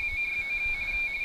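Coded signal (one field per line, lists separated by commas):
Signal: RTTY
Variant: 45.45 baud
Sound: rapid warbling two-tone chirping alternating between two close pitches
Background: radio static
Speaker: and we're getting a bunch of um text and numbers here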